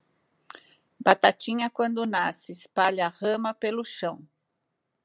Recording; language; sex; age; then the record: short text; Brazilian Portuguese; female; 50 to 59 years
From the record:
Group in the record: control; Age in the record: 57 years